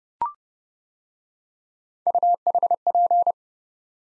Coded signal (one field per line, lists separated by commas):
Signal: Morse code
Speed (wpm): 29 wpm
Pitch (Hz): 700 Hz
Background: none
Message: UHP